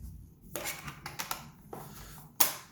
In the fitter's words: You hear those clicks, and That's how you know it's in.